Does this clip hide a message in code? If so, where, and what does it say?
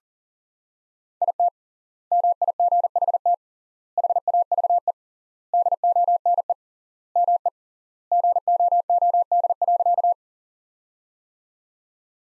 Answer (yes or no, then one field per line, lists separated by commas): yes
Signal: Morse code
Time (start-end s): 1.2-10.1 s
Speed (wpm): 37 wpm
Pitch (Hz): 700 Hz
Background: none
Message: IT MIGHT HAVE DONE ME GOOD.